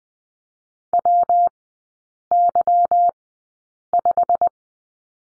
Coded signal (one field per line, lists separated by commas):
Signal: Morse code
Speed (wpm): 20 wpm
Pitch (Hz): 700 Hz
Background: none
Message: WY5